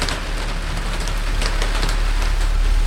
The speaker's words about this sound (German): Über der ganzen Stadt tobte ein ungewöhnliches Sommergewitter.